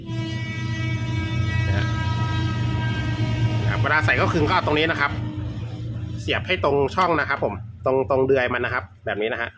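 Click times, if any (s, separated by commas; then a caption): none. An ink cartridge for a Canon MP258 printer with an ink tank setup is handled and lined up with the slot and its guide peg in the printer carriage before being pushed back in, while someone talks. A steady hum with faint tonal music runs underneath throughout. Nothing has seated or clicked yet.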